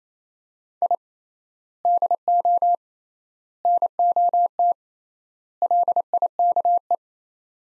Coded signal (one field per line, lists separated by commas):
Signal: Morse code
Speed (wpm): 27 wpm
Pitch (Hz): 700 Hz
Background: none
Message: I DO NOT LIKE